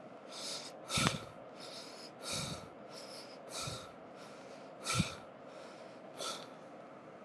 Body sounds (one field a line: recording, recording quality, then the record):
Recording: deep breathing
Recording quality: excellent, no background noise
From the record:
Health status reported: healthy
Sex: male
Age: 28 years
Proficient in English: yes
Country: United States